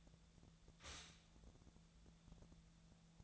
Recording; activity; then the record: daily activity, microphone in the room; stop toaster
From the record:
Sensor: 3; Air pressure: 1000.2 hPa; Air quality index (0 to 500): 153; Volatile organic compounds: 3 ppm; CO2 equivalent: 1351 ppm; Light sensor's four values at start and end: 37/96/40/43 and 37/96/40/43